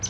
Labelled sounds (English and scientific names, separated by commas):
Palm Warbler (Setophaga palmarum) flight call